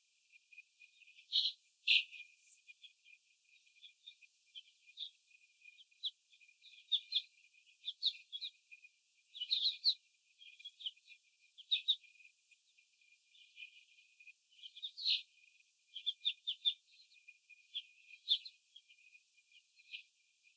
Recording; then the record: young laying hens in a cage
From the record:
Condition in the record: after the stressor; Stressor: simulated dog barking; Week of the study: 4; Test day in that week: 3